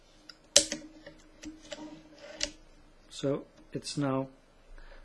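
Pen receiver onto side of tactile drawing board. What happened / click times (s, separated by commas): The magnetic receiver snapped onto the board's side / 0.6 s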